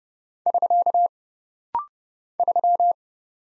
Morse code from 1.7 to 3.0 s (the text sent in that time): 3